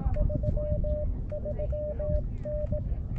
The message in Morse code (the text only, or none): 33N